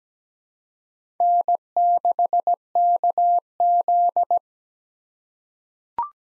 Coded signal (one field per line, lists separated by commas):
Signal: Morse code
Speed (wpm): 17 wpm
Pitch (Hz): 700 Hz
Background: none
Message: N6KZ